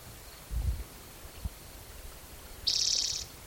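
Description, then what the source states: Spotted Towhee, one short buzzy trill in the second half, preceded by low thumps and quiet background. Individual number 8, Black's Creek, 16 June 2010, around 4:30 in the afternoon; vocalization 32 in a series counted aloud by the recordist.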